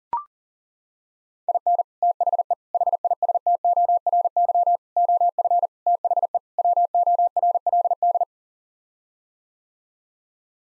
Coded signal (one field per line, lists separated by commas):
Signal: Morse code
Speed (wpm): 40 wpm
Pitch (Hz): 700 Hz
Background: none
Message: IN THE HISTORY OF THE WORLD